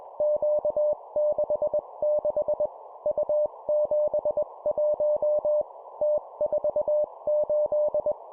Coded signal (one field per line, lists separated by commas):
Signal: Morse code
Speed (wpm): 21 wpm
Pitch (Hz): 600 Hz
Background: none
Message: Q66 U71 T48